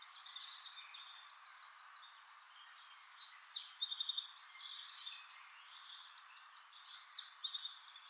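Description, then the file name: European robin delivering rapid high trills and repeated thin notes in quick succession, with sharp clicks at the start. "Erithacus rubecula"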